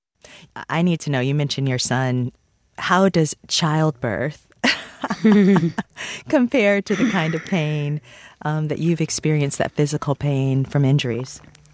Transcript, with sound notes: I need to know. You mentioned your son. How does childbirth...
(LAUGHTER)
...Compare to the kind of pain that you've experienced - that physical pain from injuries?